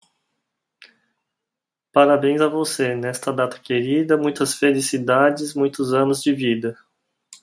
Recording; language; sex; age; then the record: short text; Brazilian Portuguese; male; 30 to 39 years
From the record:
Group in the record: control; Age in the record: 37 years